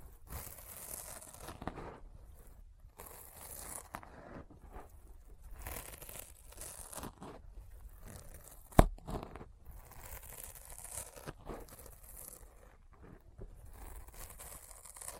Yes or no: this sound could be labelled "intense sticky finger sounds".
yes